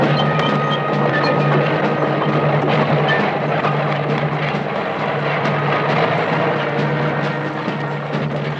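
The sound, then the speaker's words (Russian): A tractor rumbles along steadily across a construction site, its heavy engine droning loud and unbroken for the whole stretch, a low hum under rough mechanical clatter, with no voices. “Трактор едет по стройплощадке.”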